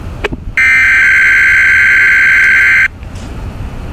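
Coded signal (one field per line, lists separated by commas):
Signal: Emergency Alert System (SAME) tones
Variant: header bursts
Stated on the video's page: Weather Radio Canada required monthly test from an Environment Canada station, received on a portable weather radio.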